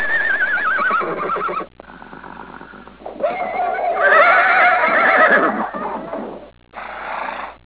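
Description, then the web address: Horse whinnying, a long wavering neigh with quavering pitch, a quieter rough stretch, then a loud high whinny that rises and falls before fading, with a short final burst. "Pferdestimmen horse"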